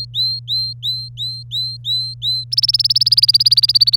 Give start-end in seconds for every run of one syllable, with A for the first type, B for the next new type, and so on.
0.00-2.44 A, 2.52-3.96 B